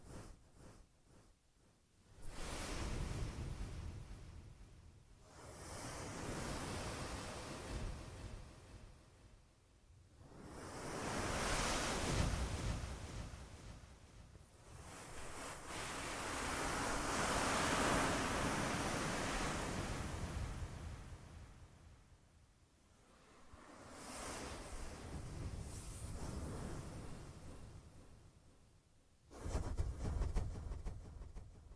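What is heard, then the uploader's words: An ear massage sound made of soft, rushing swells that rise and fall like surf, each surge lasting about five to seven seconds before easing into a brief lull. Dense hiss sits over a low rumble, with a sharper burst near the end. ASMR Echoed Triggers. Ear Massage.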